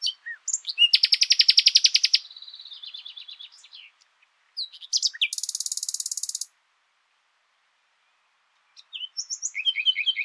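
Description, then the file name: Common nightingale song with loud, rapid buzzy trills, a softer rattling phrase, a pause, then a high dense buzzing trill and sharp whistled notes. "Luscinia megarhynchos"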